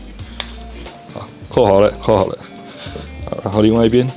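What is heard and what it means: The plastic waist belt buckle of a Hypershell exoskeleton snaps shut on the wearer with a sharp, loud click at 0.4 s, seating the buckle. Someone then talks over background music while moving on to the other side.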